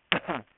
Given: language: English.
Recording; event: throat vibration sensor signal played as sound; cough